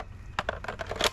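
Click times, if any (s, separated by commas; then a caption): 1.0 s. A 40V battery pack is slid onto the top mount of a Wild Badger Power 40V brushless cordless chainsaw. A series of short plastic knocks and scrapes leads up to a sharp latch click at 1.0 s, and the battery is seated.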